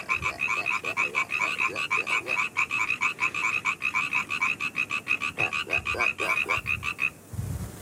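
A pond full of frogs croaking in a dense, steady chorus of rapid rattling pulses, fairly high and buzzy, continuing without pause for about seven seconds before suddenly stopping.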